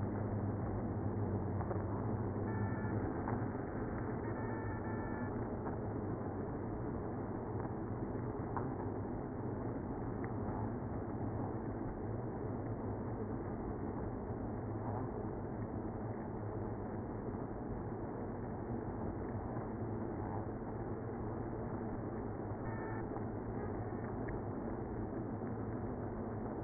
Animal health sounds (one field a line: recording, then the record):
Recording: honeybee colony, microphone inside the hive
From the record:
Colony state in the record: queenless (queen removed)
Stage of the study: after two queens were removed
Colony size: about 60,000 bees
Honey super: yes